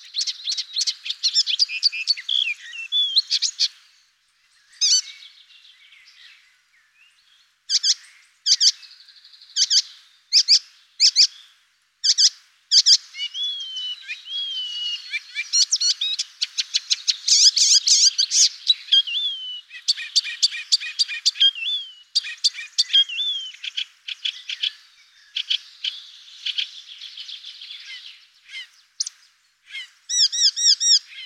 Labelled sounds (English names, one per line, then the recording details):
Icterine Warbler song
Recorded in the wild
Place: Braslawskiye, BY
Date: 2005-05-19
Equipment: Minidisc Sony MZ-R35, Telinga DAT, Telinga-Parabolspiegel
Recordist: Schwarz, Dieter
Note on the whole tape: Song